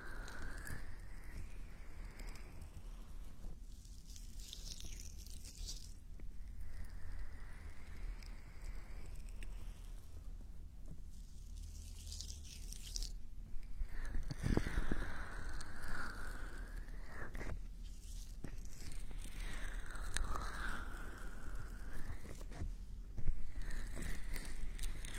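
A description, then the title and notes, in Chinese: Ear cleaning, heard as soft, dense scratching and rustling that comes in sweeping bursts, some rising and falling in pitch, with short quiet gaps between them. A steady low hum runs underneath, and the scraping grows slightly louder after about fourteen seconds, with a sharp tap near twenty-three seconds. 掏耳朵。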